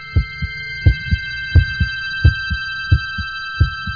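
A steady heartbeat thuds in deep, paired lub-dub pulses, about one beat per second, beneath a thin, sustained high-pitched electronic drone with no voices.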